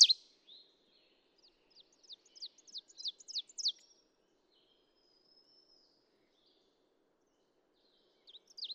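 Ovenbird song: a fairly quiet series of high, down-slurred phrases that build in loudness over about two seconds, then a long pause and a few more notes.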